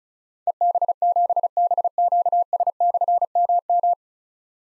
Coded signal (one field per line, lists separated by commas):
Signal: Morse code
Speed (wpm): 36 wpm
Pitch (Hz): 700 Hz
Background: none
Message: EB7BQS/MM